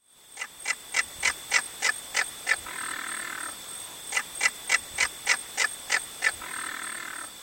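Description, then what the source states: Southern Caracara call: a run of harsh clicks, then a longer raspy rattle, then a second matching run of clicks followed by another rasp. Call given while the bird bends its neck back and lays its head right against its back.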